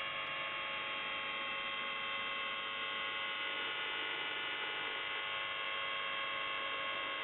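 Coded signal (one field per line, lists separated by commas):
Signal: channel marker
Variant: UVB-76 (The Buzzer)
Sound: a steady, harsh, droning buzz lasting the whole clip without pauses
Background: radio static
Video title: NZhTI S28 4625kHz USB 0757UTC 04/03/2023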